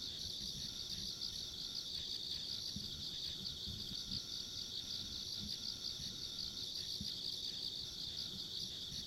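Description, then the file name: Dense insect chorus, a constant high buzzy trilling with faint rhythmic pulses, plus a quieter higher whine and low background rumble. Ambient insect sounds recorded along a country road. "田舎道の虫の環境音"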